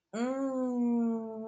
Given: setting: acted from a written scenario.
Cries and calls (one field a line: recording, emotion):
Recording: vocal sound without words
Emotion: shame